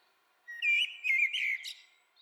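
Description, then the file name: Common blackbird calling, a burst of harsh chattering notes with squeaky overtones lasting about a second, with a faint whistle at the end. "Turdus merula"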